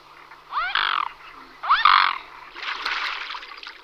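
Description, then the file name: Mute swan sounds: two short harsh, harmonic rasping bursts with upward sweeps, followed by a longer broad breathy hiss. "Lebed shipun"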